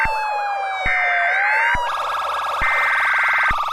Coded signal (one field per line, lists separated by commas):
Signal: Emergency Alert System (SAME) tones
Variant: header bursts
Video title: May Fire Quell Fury|An EAS Scenario